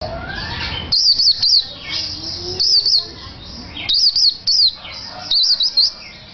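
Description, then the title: White-eye giving four brief bursts of high, wavering chirps, each under a second, over a constant background hiss. Recorded in Malang, East Java. "Pleci Mr. Kebo Malang - Jawa Timur"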